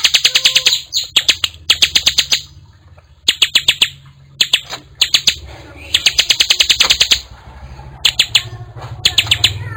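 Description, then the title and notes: Bar-winged prinia song: fast runs of crisp, high ticking notes delivered in repeated bursts, each lasting about a second, with brief gaps between. Collection of vigorously singing ciblek birds together with young birds. "Kicau Ciblek. putri sherin. kumpulan suara burung ciblek gacor dan anakan"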